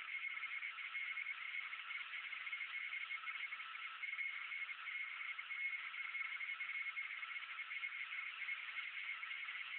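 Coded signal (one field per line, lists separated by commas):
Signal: RTTY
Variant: 75 baud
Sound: rapidly keyed warbling tone over loud radio hiss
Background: radio static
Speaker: I have a pretty solid signal coming through now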